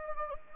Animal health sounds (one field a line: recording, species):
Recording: mosquito wingbeat signal from an infrared sensor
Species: Anopheles gambiae